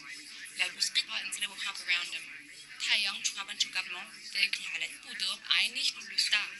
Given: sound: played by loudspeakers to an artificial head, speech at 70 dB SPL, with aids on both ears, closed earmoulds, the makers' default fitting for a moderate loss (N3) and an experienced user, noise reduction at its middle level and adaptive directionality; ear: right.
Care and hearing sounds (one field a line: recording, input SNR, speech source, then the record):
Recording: speech test signal (ISTS) in cocktail-party noise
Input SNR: 0 dB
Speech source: in front (0 degrees)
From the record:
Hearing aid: class 2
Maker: H